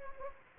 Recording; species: mosquito wingbeat signal from an infrared sensor; Anopheles gambiae